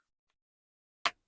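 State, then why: Seated. An acrylic cap is snapped back onto the body of a Ferris Wheel Press Carousel fountain pen in Poison Envy. After near silence with a faint tick at about 0.3 s, one sharp, bright click lands at 1.1 s. The click shows the cap is seated and the pen is sealed airtight, so the ink should not dry out.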